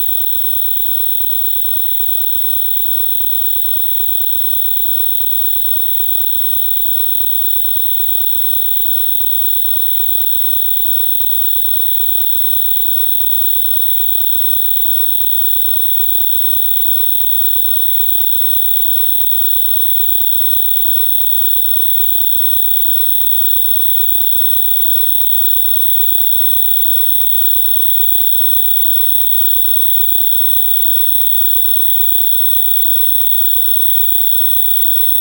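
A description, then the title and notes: High sine tones blend into a steady, shimmering drone. A bright band sits near the top and another just below it, both fluttering with fast, even beating. Level and texture stay unchanged across the whole stretch, with no separate events and only faint hiss underneath. High Prime Sines Fluttering. Excerpt from audio tests for the installation "This Is For You ohrenhoch Berlin". Sine tones blended to create shifting beating frequencies - the shimmering effect that occurs when two or more tones of close frequency are sounded together.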